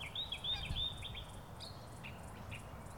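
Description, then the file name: Bird giving a run of thin, high chirps and short twittering notes, some quick and slurred, over a steady low rumble of background noise. Recorded in a park. "Birds At Weston Park"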